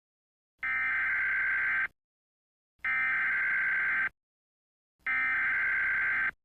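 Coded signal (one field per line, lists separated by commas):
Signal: Emergency Alert System (SAME) tones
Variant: header bursts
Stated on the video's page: Fictional monster alert scenario.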